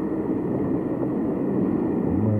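Steady, dense rumble of street traffic picked up by a microphone hanging on a street corner: a continuous low, hissing wash of engine and tyre noise with no distinct events and no voices, easily mistaken for rain.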